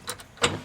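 A newly installed MGW short-throw manual shifter on a 2004-or-earlier Mustang is moved into third gear with the clutch not pressed. A light tick at 0.1 s leads into a sharp, bright click at 0.4 s with a short rattling tail. The lever fully engages and seats in third gear at 0.4 s.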